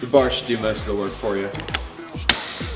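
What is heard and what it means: A chain breaker tool is tightened with a breaker bar to push the steel pin out of a motorcycle chain link. Someone talks, and at 2.3 s a loud, sharp pop rings out as the pin pushes through the link and releases.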